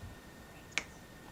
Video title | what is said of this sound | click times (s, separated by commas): replace motherboard Samsung SCH-1200 | here we go I heard a snap | 0.8 s